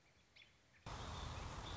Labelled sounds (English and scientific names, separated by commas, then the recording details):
American Robin (Turdus migratorius)
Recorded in Sonoma County, California